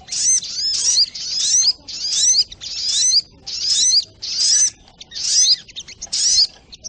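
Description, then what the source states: Spiderhunter song with high chattering bursts, each a cluster of thin slurred notes, repeated roughly once a second; short gaps between bursts. Labaik song style, used for training (masteran).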